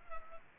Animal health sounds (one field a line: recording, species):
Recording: mosquito wingbeat signal from an infrared sensor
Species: Culex pipiens